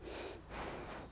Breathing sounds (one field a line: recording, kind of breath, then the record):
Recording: one breath in and out by a microphone near the nose and mouth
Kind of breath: strong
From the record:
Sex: female